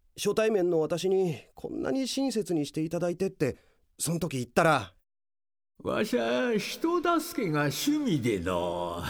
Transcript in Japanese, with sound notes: 初対面の私にこんなに親切にしていただいて…ってその時言ったら…。 （エコー）
わしゃあ人助けが趣味でのう…